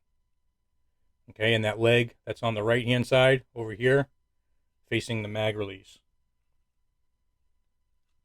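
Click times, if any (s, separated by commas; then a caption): none. A Tyrant Designs extended magazine release is lined up in a SIG Sauer P320 pistol grip frame, its spring leg on the right-hand side facing the mag release side, before being pushed home. Someone talks from about 1.3 to 6.0 s, then it is quiet. Nothing has seated or clicked yet.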